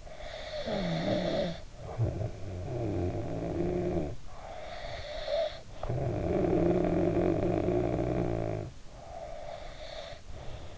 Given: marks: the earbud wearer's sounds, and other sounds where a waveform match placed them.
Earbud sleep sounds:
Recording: sounds in sleep by an in-ear microphone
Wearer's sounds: snoring breath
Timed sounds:
0.00-4.16 s: snoring breath
4.42-8.75 s: snoring breath
8.95-10.78 s: snoring breath

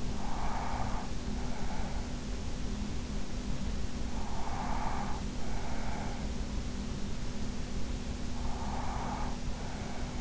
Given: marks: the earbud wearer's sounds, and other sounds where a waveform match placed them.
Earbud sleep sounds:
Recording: sounds in sleep by an in-ear microphone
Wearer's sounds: breath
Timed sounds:
0.00-2.11 s: breath
4.07-6.22 s: breath
8.28-10.21 s: breath

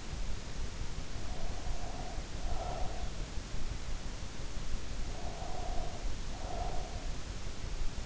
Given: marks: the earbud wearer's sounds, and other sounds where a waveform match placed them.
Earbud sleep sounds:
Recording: sounds in sleep by an in-ear microphone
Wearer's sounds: breath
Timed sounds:
1.18-3.23 s: breath
4.90-7.07 s: breath

